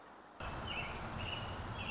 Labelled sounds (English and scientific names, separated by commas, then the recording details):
American Robin (Turdus migratorius)
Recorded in Sonoma County, California